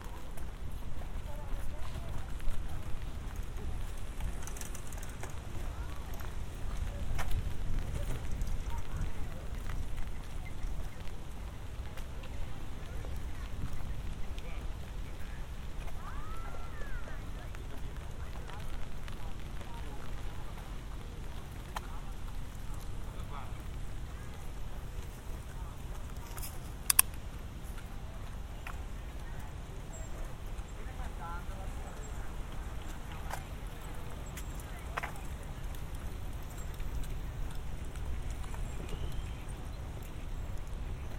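A walk through a city park: a steady low rumble of traffic, faint voices, occasional sharp clicks and a brief knock near twenty-seven seconds.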